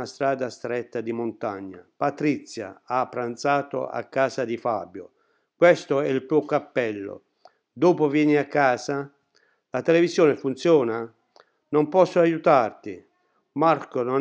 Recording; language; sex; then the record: read phrases; Italian; male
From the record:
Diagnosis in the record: healthy control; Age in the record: 68 years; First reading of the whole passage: 60 s, 8.7 characters per second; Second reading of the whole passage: 55 s, 9.3 characters per second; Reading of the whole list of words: 43 s, 6.5 characters per second